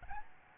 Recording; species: mosquito wingbeat signal from an infrared sensor; Aedes albopictus